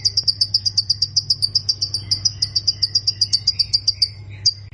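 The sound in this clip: Plain prinia song: a fast run of high, buzzy chirps, about four per second, held steadily for the whole stretch over a constant low hum.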